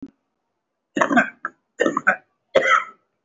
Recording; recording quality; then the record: shallow voluntary cough; excellent, no background noise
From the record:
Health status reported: respiratory illness, not identified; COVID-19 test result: not tested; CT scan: not taken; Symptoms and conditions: chronic lung disease, diabetes, ischaemic heart disease, another condition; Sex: male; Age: 72 years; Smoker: yes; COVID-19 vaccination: none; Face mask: worn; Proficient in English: no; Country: India